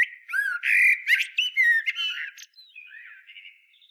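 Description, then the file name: Common blackbird song, fast mellow whistled notes mixed with shrill squeaks, fading into a thin high twitter. "Turdus merula"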